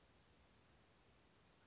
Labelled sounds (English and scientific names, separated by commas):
Western Flycatcher (Empidonax difficilis)